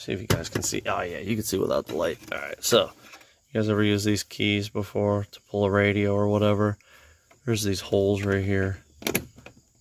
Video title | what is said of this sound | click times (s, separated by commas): replacing the fan control module on my audi a5 | hear that it clicked in | 9.1 s